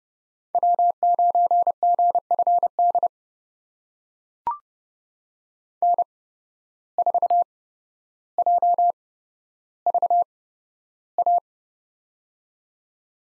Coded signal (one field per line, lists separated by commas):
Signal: Morse code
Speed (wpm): 30 wpm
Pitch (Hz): 700 Hz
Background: none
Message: W9GFD N4JVA